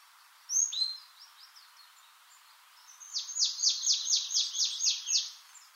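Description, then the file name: Marsh tit giving one sharp high note, a few faint thin notes, then a fast run of high descending notes near the end. "Poecile palustris"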